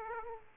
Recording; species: mosquito wingbeat signal from an infrared sensor; Aedes aegypti